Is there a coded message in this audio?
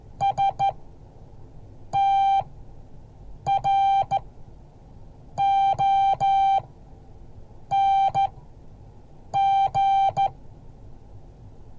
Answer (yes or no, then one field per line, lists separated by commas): yes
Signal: Morse code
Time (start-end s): 0.2-10.3 s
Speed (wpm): 14 wpm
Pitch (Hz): 780 Hz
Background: none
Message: STRONG